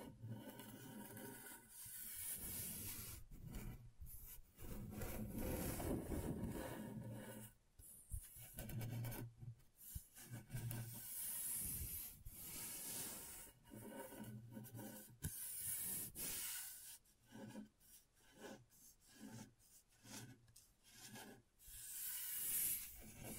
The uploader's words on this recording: ASMR Brain Tingling Scratchboard (No Talking).